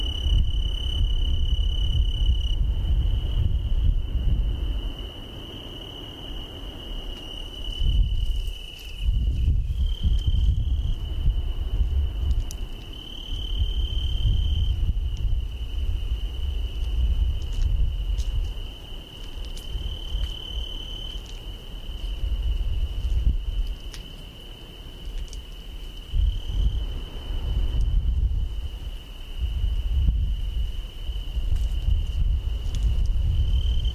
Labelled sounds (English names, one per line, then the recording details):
Tree Cricket stridulation
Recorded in the wild
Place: Chania, Insel Kreta, GR
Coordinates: 35.5164, 24.0189
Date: 1996-10-09 19:17
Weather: 18°C, cloudy
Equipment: Sony MD-WM MZ-R3, Sennheiser MKH 416 T, Kopie Uher 4000 Report Monitor
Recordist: Tembrock, Günter